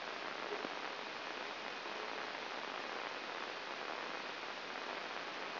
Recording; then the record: brain microelectrode recording played as sound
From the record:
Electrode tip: inside the subthalamic nucleus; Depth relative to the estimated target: 2 mm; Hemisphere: right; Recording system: AlphaMap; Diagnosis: Parkinson's disease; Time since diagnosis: 19 years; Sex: male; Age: 59 years